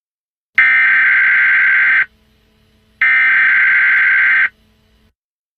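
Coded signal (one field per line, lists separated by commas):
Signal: Emergency Alert System (SAME) tones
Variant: header bursts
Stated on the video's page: Simulated EAS scenario, not a real alert.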